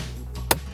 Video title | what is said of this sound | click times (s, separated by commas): Chevy Equinox: Center Phone Mount How-To Install 2018-20XX | you feel it snap into place you have a nice solid mounting platform for a custom pro clip device holder | 0.5 s